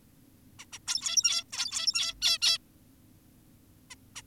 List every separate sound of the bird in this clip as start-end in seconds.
0.59-0.66, 0.73-0.79, 0.88-1.44, 1.53-2.14, 2.22-2.39, 2.42-2.58, 3.90-3.95, 4.16-4.22